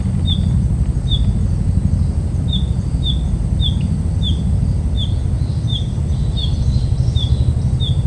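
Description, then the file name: Narcissus flycatcher giving a series of short, high, downslurred notes over constant low rumbling background noise. "kibitaki"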